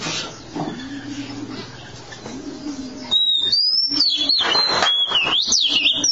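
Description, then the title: Oriental magpie-robin song: after three seconds of low repeated dove-like cooing, a loud, clear whistled phrase begins, sliding up and down through high notes. "Kacer"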